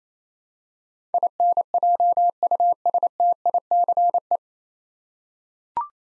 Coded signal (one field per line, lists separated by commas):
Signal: Morse code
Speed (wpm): 27 wpm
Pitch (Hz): 700 Hz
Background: none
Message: INJUSTICE